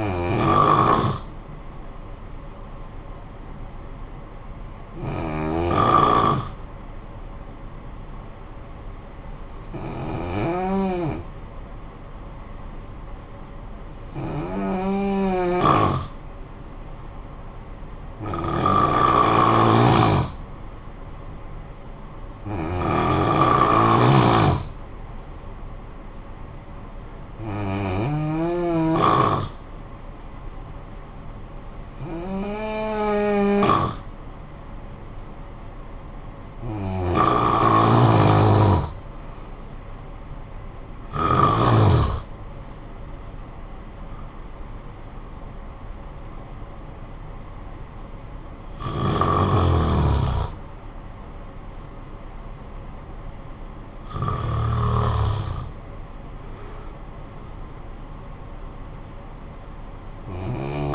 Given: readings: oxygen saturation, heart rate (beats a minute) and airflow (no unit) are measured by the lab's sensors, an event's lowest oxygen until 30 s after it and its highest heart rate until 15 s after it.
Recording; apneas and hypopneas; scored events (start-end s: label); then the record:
breathing in sleep by a smartphone at the bedside; 1
4.00-60.94 s: new sleep stage, N1 (lightest sleep)
7.00-20.20 s: hypopnea (N1, oxygen 93% highest, then 90% lowest, heart rate 51 at the start, 60 highest)
From the record:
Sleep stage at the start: N2 (light sleep); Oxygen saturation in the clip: 88 to 94%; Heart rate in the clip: 51 to 73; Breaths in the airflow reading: 13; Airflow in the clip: -8.4 to 9.3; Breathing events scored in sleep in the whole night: 445 in 7.6 hours asleep